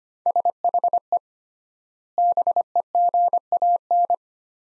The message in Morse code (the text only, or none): SHE BEGAN